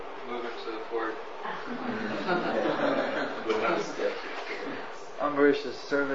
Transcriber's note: laughter